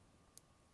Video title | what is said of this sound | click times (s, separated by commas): Live: Unboxing and Setting up an Apple Watch Series 6 | and it snaps right in and then it doesn't move like it's in there good | 0.4 s